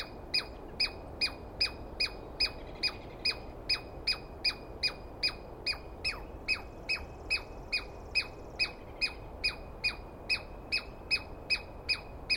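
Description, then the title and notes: Douglas squirrel's strident chirps repeat in a long, even series, each note bright and buzzy with a falling end, over faint low background noise. Recorded at dawn on 21 April 2017 in the East Cascades; a squirrel screaming at length, which the recordist, going by its sound, felt fairly sure was a Douglas Pine Squirrel. "Interview With The Chipmunk. On the morning of 21 April, 2017, I set up my microphones and recorder for a nice dawn recording in the East Cascades. I was started awake by a screaming Douglas Pine Squirrel"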